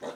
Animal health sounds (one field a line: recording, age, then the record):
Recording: pig call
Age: piglet (1 to 25 days)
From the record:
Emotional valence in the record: negative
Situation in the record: missed nursing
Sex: male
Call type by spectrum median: low-frequency call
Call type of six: low-frequency stable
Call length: 0.17 s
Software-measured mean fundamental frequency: 52 Hz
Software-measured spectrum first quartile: 488 Hz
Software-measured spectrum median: 680 Hz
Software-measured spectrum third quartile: 1495 Hz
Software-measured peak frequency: 483 Hz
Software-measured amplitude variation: 122 dB a second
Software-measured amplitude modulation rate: 20.9 a second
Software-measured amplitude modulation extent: 5.8 dB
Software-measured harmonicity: 0.6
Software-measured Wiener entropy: -0.88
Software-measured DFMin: 723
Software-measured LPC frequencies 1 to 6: 560, 1046, 1812, 3706, 6254, 7033 Hz